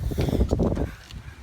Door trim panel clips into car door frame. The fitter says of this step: both sides you can hear it snap it in place